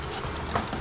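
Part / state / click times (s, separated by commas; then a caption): plastic dash kit side bracket into radio installation kit frame / not seated / none. A plastic side bracket of a single-DIN radio dash kit is handled against the kit frame, producing soft plastic rustling and light tapping with a slightly louder scrape near 0.55 s. Nothing has seated or clicked into place yet.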